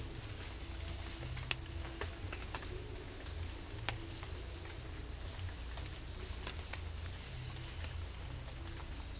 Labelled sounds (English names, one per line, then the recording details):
none
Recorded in dense forest near Puerto Asís, Putumayo, Colombia, on 18 December 2024 at 16:30
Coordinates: 0.484, -76.317
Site G026